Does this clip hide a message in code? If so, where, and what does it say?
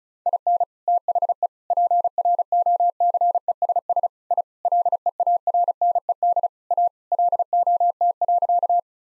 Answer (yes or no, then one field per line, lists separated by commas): yes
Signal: Morse code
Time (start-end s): 0.3-8.8 s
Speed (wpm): 36 wpm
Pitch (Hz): 700 Hz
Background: none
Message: IN THE PROCESS I LEARNED A LOT.